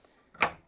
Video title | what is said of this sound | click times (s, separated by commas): 2024 Supreme Aire Operational Overview. | and that unlocks the door then we can close it | 0.4 s